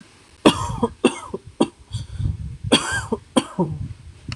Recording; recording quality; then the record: heavy voluntary cough; moderate, slight background noise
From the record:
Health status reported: healthy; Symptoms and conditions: none ticked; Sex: male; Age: 27 years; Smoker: yes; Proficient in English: yes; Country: India